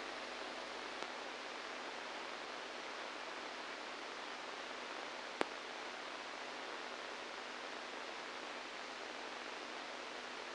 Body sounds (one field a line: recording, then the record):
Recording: brain microelectrode recording played as sound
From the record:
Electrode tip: inside the subthalamic nucleus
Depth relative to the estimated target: -2 mm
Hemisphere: right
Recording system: NeuroSet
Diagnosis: Parkinson's disease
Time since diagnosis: 7 years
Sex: male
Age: 69 years